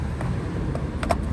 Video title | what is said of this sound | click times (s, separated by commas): IS THE CHARGING INFRASTRUCTURE GOOD ENOUGH? | that's locked into place now | 1.0 s, 1.1 s